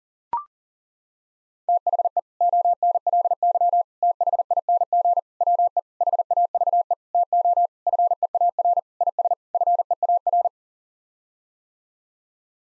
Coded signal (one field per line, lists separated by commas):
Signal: Morse code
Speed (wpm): 40 wpm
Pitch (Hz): 700 Hz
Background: none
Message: THE ONLY THING WE HAVE TO FEAR IS FEAR